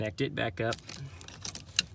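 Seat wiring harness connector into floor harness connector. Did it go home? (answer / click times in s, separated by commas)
yes / 1.8 s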